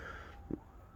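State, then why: Torque reached. A click-type torque wrench is pulled slowly on a bolt of an SSBC rear disc brake bracket on a Ford 8-inch or 9-inch axle. Over a steady background hum, a single faint, sharp click sounds at 0.5 s. The wrench clicks at its torque setting.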